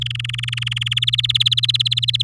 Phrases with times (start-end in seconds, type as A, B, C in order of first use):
0.01-0.99 A, 1.02-2.22 B